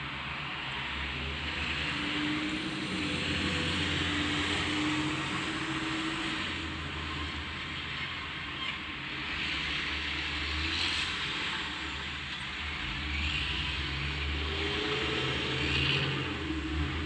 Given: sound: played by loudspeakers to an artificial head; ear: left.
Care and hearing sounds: road traffic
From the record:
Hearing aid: class 2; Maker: E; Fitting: closed earmoulds, the maker's default for a moderate loss (N3)

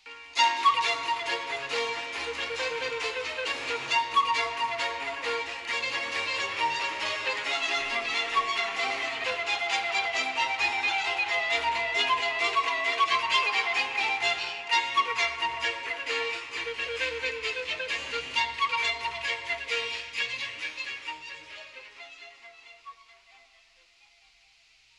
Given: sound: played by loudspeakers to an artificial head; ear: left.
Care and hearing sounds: music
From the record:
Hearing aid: class 1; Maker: E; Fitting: closed earmoulds, the maker's default for a moderate loss (N3)

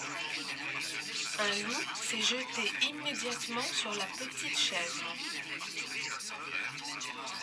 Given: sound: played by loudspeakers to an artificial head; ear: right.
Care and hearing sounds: speech in noise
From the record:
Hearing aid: class 1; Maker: E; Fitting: closed earmoulds, the maker's default for a moderate loss (N3)

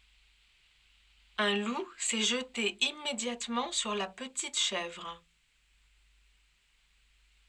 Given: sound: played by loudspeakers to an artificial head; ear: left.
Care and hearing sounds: speech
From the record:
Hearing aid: class 2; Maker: E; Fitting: closed earmoulds, the maker's default for a moderate loss (N3)

